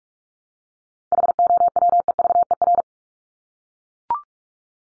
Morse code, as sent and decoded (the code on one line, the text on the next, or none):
.... --- .-- . ...- . .-.
HOWEVER